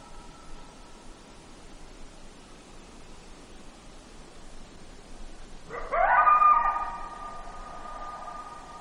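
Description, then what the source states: Coyote howl, a single cry near the end that rises sharply and then holds, after several seconds of steady background hiss. Recorded in Alaska on 12 July 2017 at about 23:39.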